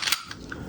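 A polymer-framed pistol's slide is slid back onto the frame rails during reassembly after field stripping. Short sharp clacks are heard at about 0.1 s and 0.3 s, and the slide seats onto the frame at 0.5 s, leaving the pistol fully functional.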